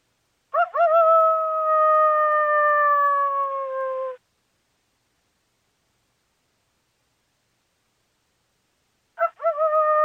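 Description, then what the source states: Coyote: a long wavering-onset howl that gradually falls over three and a half seconds, then silence, then the start of a second howl. Described as a mate call.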